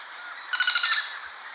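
Common flameback calling with a single quick, harsh rattle lasting about half a second, fading out at the end.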